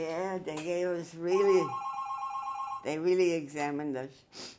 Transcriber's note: phone rings